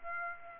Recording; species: mosquito wingbeat signal from an infrared sensor; Aedes aegypti